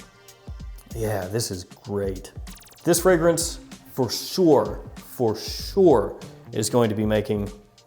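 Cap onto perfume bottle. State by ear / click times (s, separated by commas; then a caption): not seated / none. Someone talks over background music while handling the cap of an Ormonde Jayne Montabaco Verano fragrance bottle, bringing it toward the bottle to press it back on. Only a few faint, brief handling ticks are heard beneath the voice. The cap has not clicked or seated onto the perfume bottle yet.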